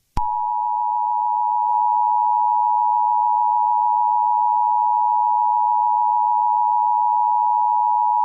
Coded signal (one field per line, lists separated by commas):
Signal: Emergency Alert System (SAME) tones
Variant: 853 and 960 Hz attention tone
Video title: EAS Scenario #40: A Race Against Time